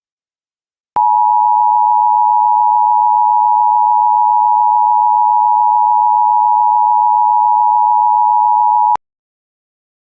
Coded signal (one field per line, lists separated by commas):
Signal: Emergency Alert System (SAME) tones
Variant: 853 and 960 Hz attention tone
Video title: EAS Child Abduction Emergency (AMBER Alert) Tulsa, Oklahoma Statewide Alert (Armed Suspects!)